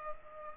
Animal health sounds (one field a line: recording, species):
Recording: mosquito wingbeat signal from an infrared sensor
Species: Culex pipiens